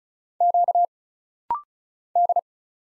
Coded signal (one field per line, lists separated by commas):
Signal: Morse code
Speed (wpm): 34 wpm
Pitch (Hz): 700 Hz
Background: none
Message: Q D